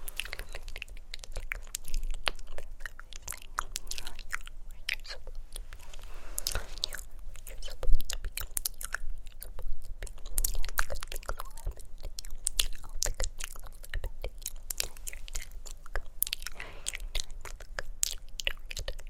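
Wet mouth sounds click and smack almost constantly, with soft unintelligible whispering woven through them. The sharp little pops come in quick irregular bursts over a quiet, steady hiss, with a slightly louder cluster around the eighth second.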